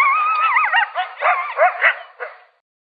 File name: Coyote